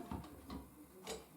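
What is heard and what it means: An allen key or accessory is pushed toward its holder on an Erbauer 650W plunge saw, with short handling knocks at about 0.1 s and 0.5 s and a brief rustle near 1.1 s. The part has not gone home, and nothing has seated or clicked yet.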